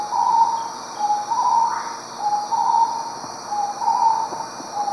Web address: Natures Songs S America Eastern Lowlands. Odontophorus stellatus, song